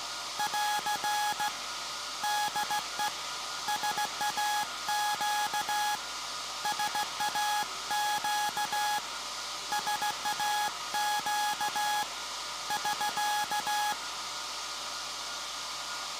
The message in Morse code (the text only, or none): <AR> DE SAQ SAQ SAQ <SK>